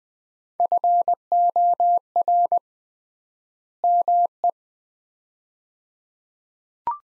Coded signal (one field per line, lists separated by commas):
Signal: Morse code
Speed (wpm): 20 wpm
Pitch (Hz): 700 Hz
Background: none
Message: FOR ME